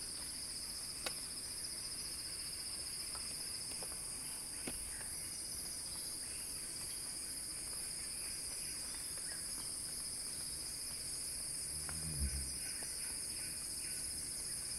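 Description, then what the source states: Cicadas drone continuously in high bands, a dense unbroken chorus, with a few faint clicks and a low thump near the end. Cicada song building in a crescendo.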